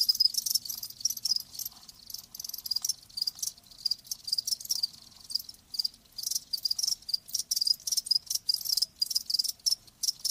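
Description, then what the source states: Crickets chirping in a dense, shimmering high trill that swells and dips with short gaps, continuing for the whole stretch. Live crickets chirping with a lulling song.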